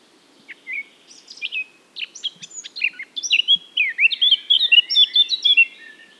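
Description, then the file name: Eurasian blackcap song: a few soft scratchy notes, then a rapid run of loud, clear fluty whistles and warbles that grows fuller toward the end. "Sylvia atricapilla"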